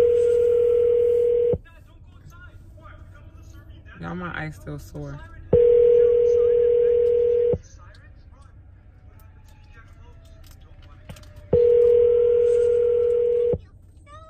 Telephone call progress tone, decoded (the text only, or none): ringback tone